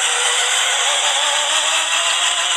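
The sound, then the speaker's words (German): A BMW car engine runs with a steady, thin, rattling buzz that sounds worn and sewing-machine-like, holding continuously at an even loudness with no voices present. “Als nächstes noch in ein paar Sekunden kommt BMW.”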